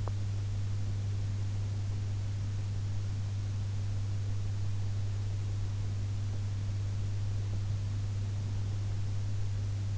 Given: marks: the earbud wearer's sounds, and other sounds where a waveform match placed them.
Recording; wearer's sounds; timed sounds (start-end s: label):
sounds in sleep by an in-ear microphone; teeth grinding
0.00-0.23 s: teeth grinding